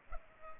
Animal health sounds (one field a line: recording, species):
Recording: mosquito wingbeat signal from an infrared sensor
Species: Culex pipiens